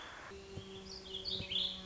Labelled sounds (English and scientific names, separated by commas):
Warbling Vireo (Vireo gilvus)